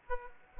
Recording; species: mosquito wingbeat signal from an infrared sensor; Aedes aegypti